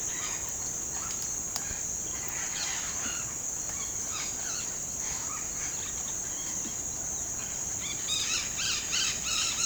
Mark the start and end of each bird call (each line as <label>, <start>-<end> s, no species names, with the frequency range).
bird call (0.7-6.3 kHz), 0.00-3.25 s
bird call (0.8-5.9 kHz), 3.61-5.42 s
bird call (0.7-6.5 kHz), 7.77-9.66 s